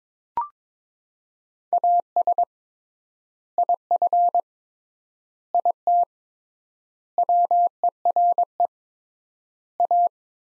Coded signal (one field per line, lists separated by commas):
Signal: Morse code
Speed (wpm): 22 wpm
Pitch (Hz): 700 Hz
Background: none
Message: AS IF IT WERE A